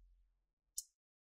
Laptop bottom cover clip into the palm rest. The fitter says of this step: you see anything opening just pinch them and it's going to make a click sound and